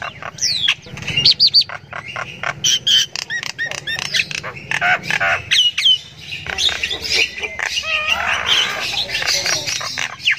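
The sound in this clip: Myna calls in a dense, busy stream: chattering clicks, short whistles and harsh notes tumbling over each other.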